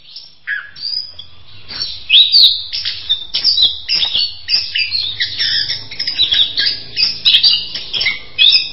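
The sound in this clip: Bird song, a steady jumble of high chirps, squeaks and trills, with a faint low hum underneath.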